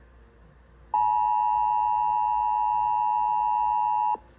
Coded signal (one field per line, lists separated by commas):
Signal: Emergency Alert System (SAME) tones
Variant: 853 and 960 Hz attention tone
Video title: SEABREEZE INSANITY 7: SUMMER BREEZE - EAS Alerts From 6/20/25 - 6/23/25 (EAS #4115-4152)